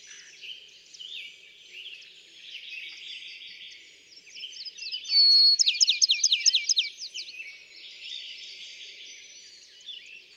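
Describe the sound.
Bachman's sparrow gives a brief whistle and then a loud trill of quick, down-slurred notes, set against a constant mix of other birds' twittering calls.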